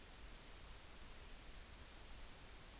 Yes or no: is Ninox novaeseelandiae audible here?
no